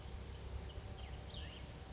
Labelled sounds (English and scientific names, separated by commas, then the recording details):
Cassin's Vireo (Vireo cassinii)
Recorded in Sonoma County, California